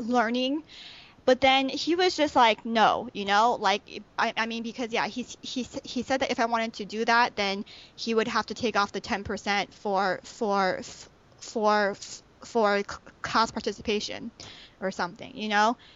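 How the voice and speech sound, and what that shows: Adult woman speaking conversationally with stuttering: repeated syllables ("for, for, for, for"), a repeated word ("is, is"), prolonged sounds and pauses breaking the flow of speech. She stutters and talks about it with another person who stutters; she later attended the McGuire program, was fluent for about a month and then relapsed.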